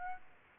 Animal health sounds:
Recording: mosquito wingbeat signal from an infrared sensor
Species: Aedes aegypti

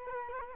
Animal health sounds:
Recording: mosquito wingbeat signal from an infrared sensor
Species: Culex quinquefasciatus

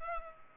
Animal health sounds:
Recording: mosquito wingbeat signal from an infrared sensor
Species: Culex pipiens

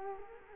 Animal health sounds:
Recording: mosquito wingbeat signal from an infrared sensor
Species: Culex quinquefasciatus

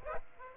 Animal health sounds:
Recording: mosquito wingbeat signal from an infrared sensor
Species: Aedes aegypti

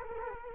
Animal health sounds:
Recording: mosquito wingbeat signal from an infrared sensor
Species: Culex quinquefasciatus

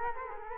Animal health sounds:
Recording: mosquito wingbeat signal from an infrared sensor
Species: Culex quinquefasciatus

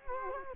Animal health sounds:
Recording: mosquito wingbeat signal from an infrared sensor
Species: Culex quinquefasciatus

